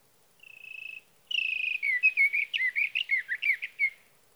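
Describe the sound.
Sage thrasher song: a steady whistled note, a short pause, then a rapid run of warbled, slurred phrases jumping up and down in pitch; no other sounds.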